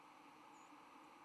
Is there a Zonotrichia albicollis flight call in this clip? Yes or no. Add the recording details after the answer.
yes. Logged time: 07:59 on 10 November 2014